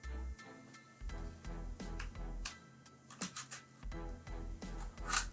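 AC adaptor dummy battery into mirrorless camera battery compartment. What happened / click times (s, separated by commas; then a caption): The battery insert did not latch / none. A plastic dummy battery coupler from a Tengdaxing DMW-AC10 AC power adaptor is pushed into the battery compartment of a Lumix G7/G85 mirrorless camera, but it has been put in the wrong way and does not latch. Soft handling noises play over background music, and nothing has seated or clicked yet.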